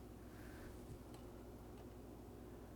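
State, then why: Not seated. Someone squeezes the two halves of a 6+2 pin plastic PCIe power connector together and lines it up with the graphics card socket before pushing it home. There is only a low steady hum with faint handling rustles and light ticks. Nothing has seated or clicked yet.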